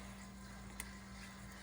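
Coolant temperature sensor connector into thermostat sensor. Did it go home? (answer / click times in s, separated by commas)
yes / 0.8 s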